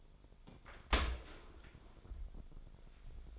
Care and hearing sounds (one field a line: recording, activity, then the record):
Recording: daily activity, microphone in the room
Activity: open dishwasher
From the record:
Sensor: 5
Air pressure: 1003.2 hPa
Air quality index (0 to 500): 129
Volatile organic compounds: 1 ppm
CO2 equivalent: 948 ppm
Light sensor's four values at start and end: 89/215/91/104 and 85/205/87/99